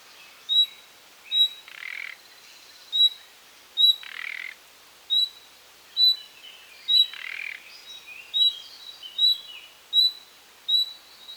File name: Luscinia megarhynchos